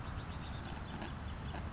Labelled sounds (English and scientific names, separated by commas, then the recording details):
Savannah Sparrow (Passerculus sandwichensis)
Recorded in Sonoma County, California